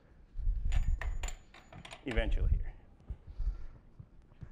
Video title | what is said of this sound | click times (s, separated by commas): Proper Installation of Mechanical Joints - EOCP Conference 2020 | and then you'll hear a click | 1.0 s